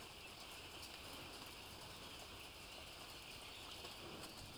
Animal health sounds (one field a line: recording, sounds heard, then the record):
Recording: poultry house recording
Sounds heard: healthy chickens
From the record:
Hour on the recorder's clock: 17